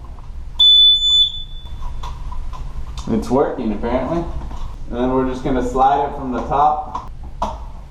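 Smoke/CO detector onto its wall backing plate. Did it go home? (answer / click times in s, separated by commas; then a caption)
yes / 7.4 s. A battery-powered smoke/CO detector body is slid down from the top onto its screwed-on plastic wall backing plate. A high alarm beep sounds early on while someone talks. A sharp, loud click at 7.4 seconds marks the detector snapping into place on the plate.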